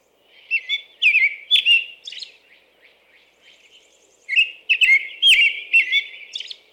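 American robin carols in two bursts of liquid, slurred whistles separated by a quieter stretch of soft notes.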